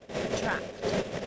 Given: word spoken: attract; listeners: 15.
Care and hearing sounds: one English word in noise, from a listening test; noise modulated by three-talker babble; -6.8 dB; 1 of 15; 9 of 15; 0.87 s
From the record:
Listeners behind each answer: 9, 5, 1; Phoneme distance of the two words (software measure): 17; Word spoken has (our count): 2 syllables, 6 phonemes, stress on syllable 2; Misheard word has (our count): 1 syllable, 5 phonemes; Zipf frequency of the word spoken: 4.26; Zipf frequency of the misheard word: 4.44

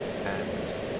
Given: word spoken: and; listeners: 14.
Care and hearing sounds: one English word in noise, from a listening test; speech-shaped noise; -5.8 dB; 5 of 14; 8 of 14; 0.60 s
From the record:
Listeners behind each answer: 8, 5, 1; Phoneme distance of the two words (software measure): 20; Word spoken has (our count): 1 syllable, 3 phonemes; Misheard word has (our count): 1 syllable, 3 phonemes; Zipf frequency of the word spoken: 7.32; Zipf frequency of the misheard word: 4.99

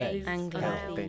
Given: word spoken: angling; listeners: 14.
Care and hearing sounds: one English word in noise, from a listening test; four-talker babble; -0.4 dB; 0 of 14; 8 of 14; 0.69 s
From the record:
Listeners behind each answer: 8, 2, 2, 1, 1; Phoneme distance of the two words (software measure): 24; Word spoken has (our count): 2 syllables, 6 phonemes, stress on syllable 1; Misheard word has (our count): 2 syllables, 4 phonemes, stress on syllable 1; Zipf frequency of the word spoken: 2.97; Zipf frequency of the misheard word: 4.30

